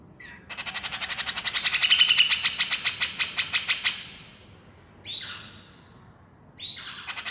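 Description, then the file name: Grey-cheeked bulbul with a rapid rattling chatter of rough pulses, followed by two short squeaks. Female bird; described as gacor, actively and energetically vocalising. "suara cucak jenggot betina gacor"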